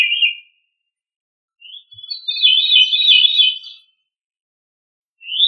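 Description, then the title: Thrush song: a short warbled phrase, a pause, then a longer run of varied, tumbling whistled notes, and another short phrase starting at the end. "Familia Turdidae - Sabia"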